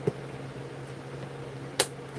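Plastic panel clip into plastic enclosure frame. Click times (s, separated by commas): 1.8 s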